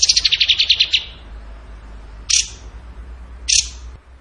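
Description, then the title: Bird giving a short rapid trill that fades away, followed by two isolated sharp high chips about a second apart. Masteran (training recording) of bird song in the tembakan gacor style. "Masteran Burung Tembakan Gacor"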